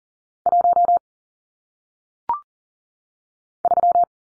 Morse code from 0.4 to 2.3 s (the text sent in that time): 1